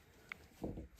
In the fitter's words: That just pops right in as well.